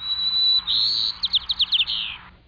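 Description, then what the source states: Sparrow song: a long steady whistle, then a buzzy note, a quick series of about six sharp chirps, and a closing buzzy trill, all high-pitched. Recorded at Lake Merced.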